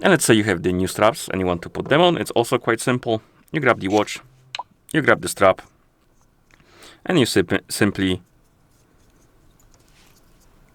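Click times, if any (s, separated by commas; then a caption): none. Someone talks while a new quick-release strap is held and lined up against the lug bar of an Amazfit T-Rex Ultra 2 watch case, ready to be pushed on. Only faint handling noises follow in the quiet second half. Nothing has clicked or seated yet.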